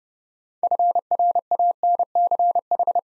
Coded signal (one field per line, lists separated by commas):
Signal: Morse code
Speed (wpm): 30 wpm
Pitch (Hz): 700 Hz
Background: none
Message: FRANCH